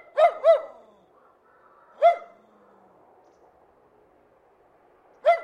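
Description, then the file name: Terrier barking: a quick double bark, a single bark near two seconds, then another at the end, sharp and mid-pitched. "ANIMAL DOG TERRIER BARKING"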